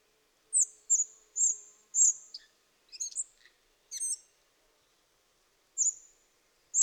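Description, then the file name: Spotted flycatcher calls, thin high squeaky notes given singly and in short clusters, with a pause before two more near the end. "szurke legykapo hangja"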